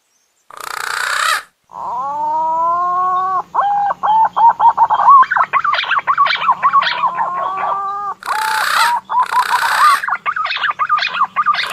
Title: BURUNG PUNAI GACOR UNTUK PIKAT DI ALAM